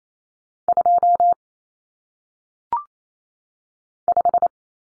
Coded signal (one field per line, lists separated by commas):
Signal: Morse code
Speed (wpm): 28 wpm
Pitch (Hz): 700 Hz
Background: none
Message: 2 5